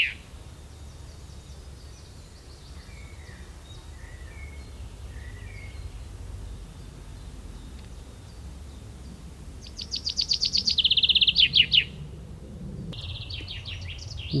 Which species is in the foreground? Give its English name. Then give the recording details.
Common Chaffinch. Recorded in the wild. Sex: male. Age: adult. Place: Schloß Holte-Stukenbrock, Senne, Nordrhein-Westfalen, DE. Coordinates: 51.8667, 8.66667. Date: 1973. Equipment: Uher 4200 Report Stereo, Bändchenmikro Beyer M 260, Parabolspiegel Polyester (600 mm). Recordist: Conrads, Klaus